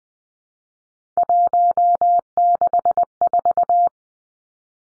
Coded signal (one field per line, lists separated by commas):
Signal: Morse code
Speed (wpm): 20 wpm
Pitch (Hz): 700 Hz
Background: none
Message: 164